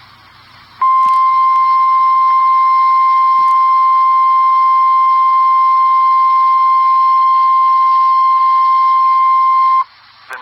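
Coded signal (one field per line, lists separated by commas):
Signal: Emergency Alert System (SAME) tones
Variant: 1050 Hz attention tone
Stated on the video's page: Particularly dangerous situation severe thunderstorm warning from the National Weather Service in Chicago.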